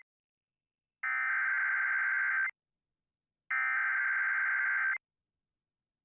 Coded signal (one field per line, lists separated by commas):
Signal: Emergency Alert System (SAME) tones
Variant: header bursts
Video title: A WACKY STORMY TUESDAY!! | EAS Alerts from 7/22/26